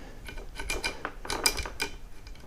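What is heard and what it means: A barrel and forend assembly is pushed onto the receiver of an over-under shotgun during reassembly after cleaning, with rubbing and a run of short metallic mechanism clicks, the sharpest at 1.5 s. The part is still not all the way in.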